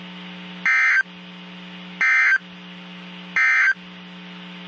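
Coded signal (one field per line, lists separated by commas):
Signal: Emergency Alert System (SAME) tones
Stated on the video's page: Severe thunderstorm and tornado alerts from weather radio stations KIH42, KIH35, KEC56 and KHB32.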